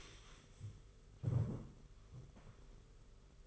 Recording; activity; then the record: daily activity, microphone in the room; stand up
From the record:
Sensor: 4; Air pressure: 991.3 hPa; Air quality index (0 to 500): 138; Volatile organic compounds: 58 ppm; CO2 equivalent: 3389 ppm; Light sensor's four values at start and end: 23/77/28/29 and 23/76/28/29